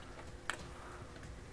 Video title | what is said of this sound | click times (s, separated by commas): LEGO Set 21320 | all right and so then that is going to click and like | 0.5 s